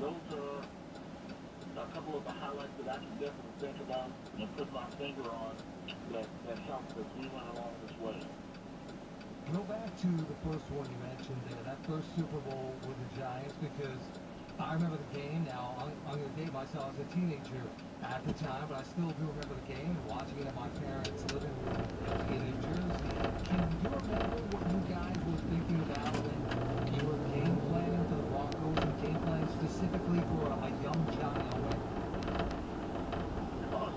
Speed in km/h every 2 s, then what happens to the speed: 0, 0, 0, 0, 0, 0, 0, 0, 0, 0, 10, 18, 23, 32, 42, 48, 52.
0-18 standing. 18-34 pulls away to 52.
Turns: 20-25.